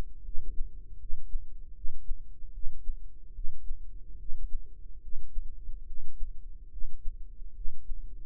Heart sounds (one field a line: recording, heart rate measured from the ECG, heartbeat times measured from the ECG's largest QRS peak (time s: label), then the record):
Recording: heart sounds by microphone in the right ear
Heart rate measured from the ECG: 74 bpm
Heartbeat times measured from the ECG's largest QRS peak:
0.22 s: heartbeat
0.97 s: heartbeat
1.72 s: heartbeat
2.51 s: heartbeat
3.32 s: heartbeat
4.16 s: heartbeat
4.99 s: heartbeat
5.84 s: heartbeat
6.69 s: heartbeat
7.53 s: heartbeat
From the record:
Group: healthy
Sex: female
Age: 43 years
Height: 160 cm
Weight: 90 kg